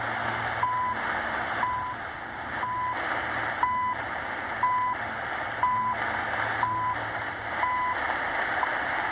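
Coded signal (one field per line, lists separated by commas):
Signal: radio time signal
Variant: CHU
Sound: nine short 1 kHz beeps, one each second, through hissy shortwave static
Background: radio static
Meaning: Each tick marks one second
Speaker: Alright, now CHU 3330. It's there.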